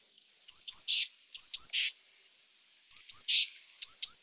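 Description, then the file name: Eurasian blue tit calls: two thin high see-see notes followed by a buzzy churring note, the phrase given three times with short pauses, then a fourth cut off at the end, otherwise quiet. "Cyanistes caeruleus"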